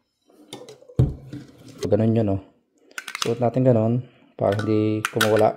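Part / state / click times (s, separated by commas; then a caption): glass blender jar onto blender motor base / not seated / none. A glass jar for a Frego blender is being handled onto its blender motor base, to be twisted until it locks so it won't come loose. A few short, sharp knocks and taps are heard near the start while someone talks. Nothing has seated or clicked yet.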